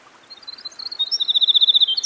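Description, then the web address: Winter wren song, high tinkling notes running into a long rapid trill, then a sudden higher note at the close. Recorded by a stream. "Dan Gibson Songbirds By The Stream. Winter Wren"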